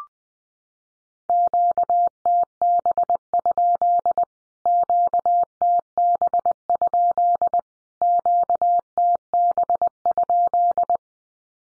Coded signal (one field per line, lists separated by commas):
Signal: Morse code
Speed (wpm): 20 wpm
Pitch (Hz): 700 Hz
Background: none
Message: QTB? QTB? QTB?